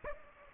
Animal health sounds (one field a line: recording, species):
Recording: mosquito wingbeat signal from an infrared sensor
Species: Aedes aegypti